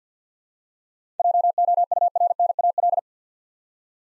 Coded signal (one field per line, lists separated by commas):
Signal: Morse code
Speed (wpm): 49 wpm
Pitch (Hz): 700 Hz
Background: none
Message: JOURNAL